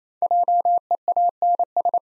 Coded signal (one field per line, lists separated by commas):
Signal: Morse code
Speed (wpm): 29 wpm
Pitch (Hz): 700 Hz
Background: none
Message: JEANS